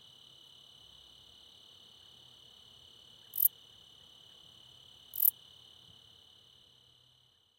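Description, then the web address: Treetop bush katydid song, two short sharp high lisps about two seconds apart against a continuous shrill insect hum. "The Songs of Insects. Treetop Bush Katydid"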